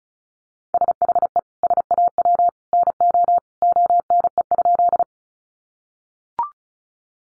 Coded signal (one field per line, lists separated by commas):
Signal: Morse code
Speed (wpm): 34 wpm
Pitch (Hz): 700 Hz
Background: none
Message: SHE SAW NO ONE?